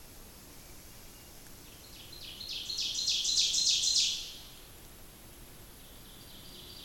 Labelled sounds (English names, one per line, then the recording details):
Ovenbird song
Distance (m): 25 m
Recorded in boreal forest in Alberta, Canada, on 28 May 2016 at 06:31
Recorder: SongMeter 3, array SBT-3-49
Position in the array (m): 109 m, 262 m
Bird 14